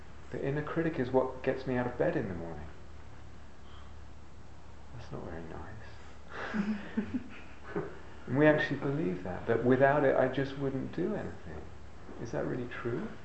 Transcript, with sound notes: The inner critic is what gets me out of bed in the morning." That's not very nice. [laughter] And we actually believe that, that without it I just wouldn't do anything. Is that really true?